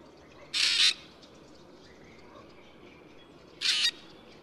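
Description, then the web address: Black drongo uttering a pair of grating, noisy calls roughly three seconds apart over quiet background hiss. Recorded at Yushan. "大卷尾. Yushan"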